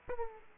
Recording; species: mosquito wingbeat signal from an infrared sensor; Aedes aegypti